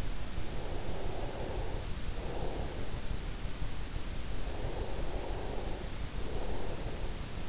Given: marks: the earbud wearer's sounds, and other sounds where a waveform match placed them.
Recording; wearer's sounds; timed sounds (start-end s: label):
sounds in sleep by an in-ear microphone; breath
0.49-3.49 s: breath
4.49-7.49 s: breath